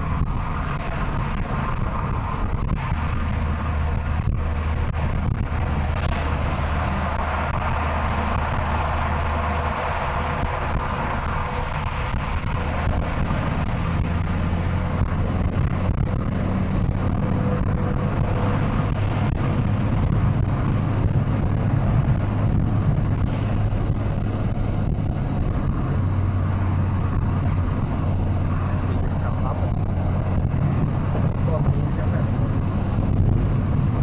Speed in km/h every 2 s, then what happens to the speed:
91, 90, 89, 90, 90, 91, 94, 103, 112, 116, 118, 119, 113, 104, 105, 99, 97.
0-11 steady at about 90. 11-21 speeds up to 119. 21-34 slows to 97.